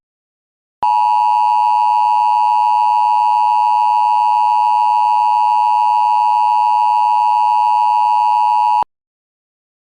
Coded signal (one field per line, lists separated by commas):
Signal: Emergency Alert System (SAME) tones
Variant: 853 and 960 Hz attention tone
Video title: EAS Mock 43: Pueblo County Wildfire (Multiple Perspectives)